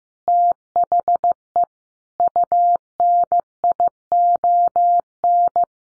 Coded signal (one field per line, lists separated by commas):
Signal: Morse code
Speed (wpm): 15 wpm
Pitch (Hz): 700 Hz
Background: none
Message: THE UNION